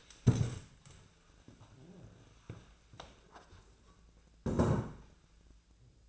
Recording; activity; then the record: daily activity, microphone in the room; stand up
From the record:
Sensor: 2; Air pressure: 1000.2 hPa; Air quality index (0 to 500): 161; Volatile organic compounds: 3 ppm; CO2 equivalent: 1344 ppm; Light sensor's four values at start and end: 8/19/8/9 and 9/18/8/9